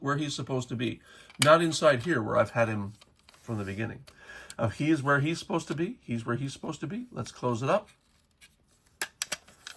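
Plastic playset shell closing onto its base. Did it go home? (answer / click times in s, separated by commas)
yes / 9.0 s, 9.2 s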